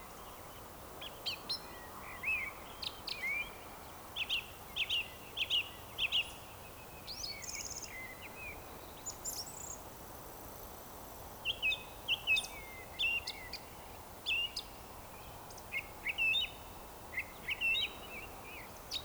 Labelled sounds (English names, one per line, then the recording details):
Eurasian Woodcock whistle
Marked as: whistle, whistle, whistle, whistle, whistle, whistle
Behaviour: display flight
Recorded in Baden-Württemberg, Germany, on 27 June 2020 at 19:49 UTC
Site 43791, 788 m above sea level